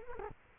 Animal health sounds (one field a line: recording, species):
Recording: mosquito wingbeat signal from an infrared sensor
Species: Culex quinquefasciatus